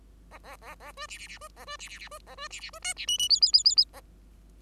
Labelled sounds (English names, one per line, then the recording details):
Bengalese Finch song
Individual Bird5